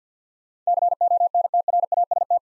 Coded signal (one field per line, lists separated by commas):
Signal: Morse code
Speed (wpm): 52 wpm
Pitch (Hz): 700 Hz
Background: none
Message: CONTRAST